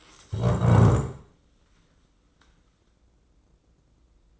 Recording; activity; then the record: daily activity, microphone in the room; stand up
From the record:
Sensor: 3